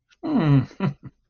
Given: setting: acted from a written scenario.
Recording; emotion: vocal sound without words; pride